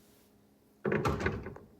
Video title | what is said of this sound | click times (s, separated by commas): How to install timing chain & phaser sprockets on Ecotech GMC Chev engine? | and you don't really hear a snap or anything so it's like it it work or didn't I was hitting it pretty hard | none